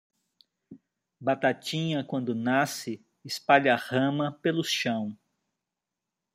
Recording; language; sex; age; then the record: short text; Brazilian Portuguese; male; 60 to 69 years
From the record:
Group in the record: control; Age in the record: 60 years